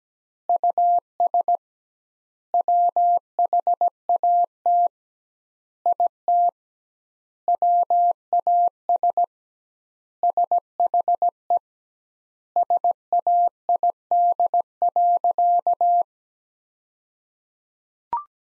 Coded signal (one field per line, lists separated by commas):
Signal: Morse code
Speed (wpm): 17 wpm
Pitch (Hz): 700 Hz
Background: none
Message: US WHAT IT WAS SHE SAID.